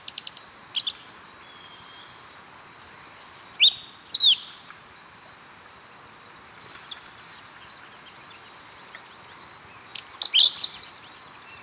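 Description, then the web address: Pale-eyed thrush delivering several quick clusters of high, slurred and chipping notes at intervals. Recorded in Ecuador. "Birds of Ecuador. Pale-eyed Thrush"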